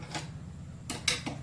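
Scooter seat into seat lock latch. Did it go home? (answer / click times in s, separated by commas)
yes / 1.1 s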